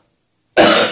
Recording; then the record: coughing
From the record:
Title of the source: Cough Around the Clock!